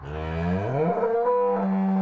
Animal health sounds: contact call of a hoofed animal; cattle; low-frequency (closed-mouth) or high-frequency (open-mouth) call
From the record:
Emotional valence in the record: negative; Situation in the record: full separation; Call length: 2.1 s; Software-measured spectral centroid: 860 Hz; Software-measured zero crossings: 880 a second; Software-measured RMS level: -24 dBFS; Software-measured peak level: -12 dBFS

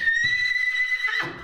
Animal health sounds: contact call of a hoofed animal; horse; whinny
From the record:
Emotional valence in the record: negative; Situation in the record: separation from one group member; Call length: 1.43 s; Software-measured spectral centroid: 2650 Hz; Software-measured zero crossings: 3910 a second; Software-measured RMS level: -24 dBFS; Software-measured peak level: -12 dBFS

